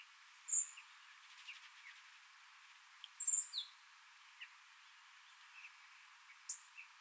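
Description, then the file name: Common blackbird giving thin, very high-pitched seee calls three times, with a few fainter short chirps scattered between against a steady hiss. "Turdus merula"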